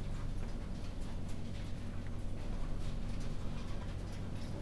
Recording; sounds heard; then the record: poultry house recording; no chicken sound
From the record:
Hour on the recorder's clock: 22